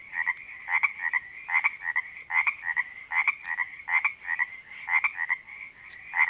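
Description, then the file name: Frog chorus of quick doubled croaks, repeated in bursts a little under a second apart over a continuous ringing trill. Frogs recorded at a creek in Panoche Valley, California, on 02-04-08 (2008). "OMV-02-04-08-Panoche Valley CA Creek Frogs"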